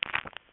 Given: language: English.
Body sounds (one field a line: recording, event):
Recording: throat vibration sensor signal played as sound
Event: swallow